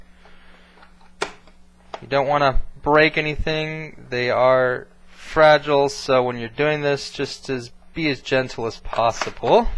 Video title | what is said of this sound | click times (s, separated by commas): How to Replace the Hard Drive in an Acer Aspire 5742z (Classic Repair Guide) | they should fit right in and you should feel it snap into place now again this is a uh this is a plastic piece | 1.2 s